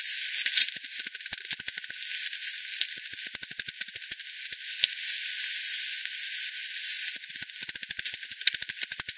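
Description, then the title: Bat echolocation calls, scattered bursts of quick clicks separated by hissy stretches, with a lively run near the end. Multiple bats at the Hogsmill River, Hogsmill Lane, 7 October 2020 at 18:10 UTC; recorded with frequency division by ten, band-pass filtered and resampled. "bat 20201007 T 18 : 10 Z-Hogsmill-Lane-Hogsmill-River-multiple-bats"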